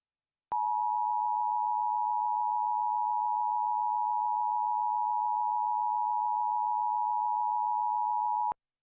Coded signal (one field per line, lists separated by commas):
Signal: Emergency Alert System (SAME) tones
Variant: 853 and 960 Hz attention tone